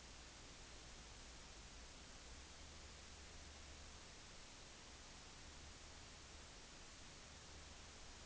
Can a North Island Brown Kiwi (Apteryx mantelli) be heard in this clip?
no